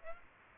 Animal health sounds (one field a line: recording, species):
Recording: mosquito wingbeat signal from an infrared sensor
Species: Aedes aegypti